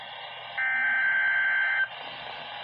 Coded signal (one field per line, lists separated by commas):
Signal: Emergency Alert System (SAME) tones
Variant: header bursts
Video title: Required Weekly Test | EAS#52 9/16/2020